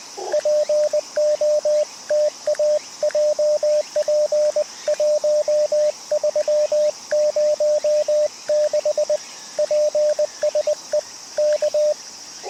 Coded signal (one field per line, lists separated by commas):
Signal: Morse code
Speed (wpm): 20 wpm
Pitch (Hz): 590 Hz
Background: radio noise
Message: POTA JP1306 PSE K